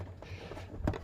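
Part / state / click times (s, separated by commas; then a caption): LED headlight bulb into truck headlight housing / not seated / none. An LED headlight bulb is handled at a truck's headlight housing, producing soft rustling, scraping and faint taps, with a sharper knock at 0.9 s. The bulb has not seated or clicked yet.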